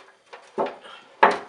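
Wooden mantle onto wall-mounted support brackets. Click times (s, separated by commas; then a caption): 1.2 s. A wooden mantle shelf is set down onto support brackets fixed to a brick fireplace, with softer knocks at about 0.3 and 0.6 s. A sharp wooden knock at 1.2 s marks the mantle locking into place on the brackets.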